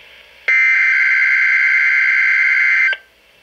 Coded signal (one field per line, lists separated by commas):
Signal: Emergency Alert System (SAME) tones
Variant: header bursts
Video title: Required Weekly Test [EAS #156] 11-21-12